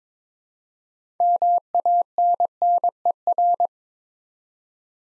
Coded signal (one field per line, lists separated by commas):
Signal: Morse code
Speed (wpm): 22 wpm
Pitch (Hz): 700 Hz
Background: none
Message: MANNER